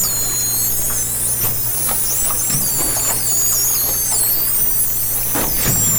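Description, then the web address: Dolphin whistles, many thin sweeping high tones rising and falling over steady underwater hum, with scattered clicks and low thumps. Recorded with a hydrophone, 2010. "interspecies dolphin"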